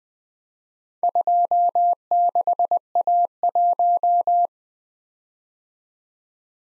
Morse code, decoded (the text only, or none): 26A1